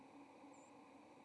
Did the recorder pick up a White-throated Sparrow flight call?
yes